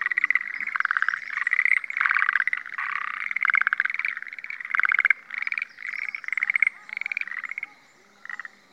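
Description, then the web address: Schlegel's green tree frog chorus: overlapping bursts of rapid pulsed, rattling croaks, each lasting under a second, repeated almost continuously before a short pause near the end. 18 April 2014. "birdenaga sch aogaeru"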